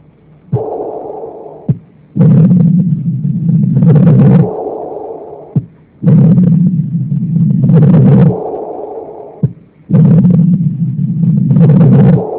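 Adult heart heard by stethoscope: slow repeating cycles with sharp clicks, a loud systolic murmur, third and fourth heart sounds and a low diastolic rumble, from mitral stenosis combined with mitral regurgitation (insufficiency).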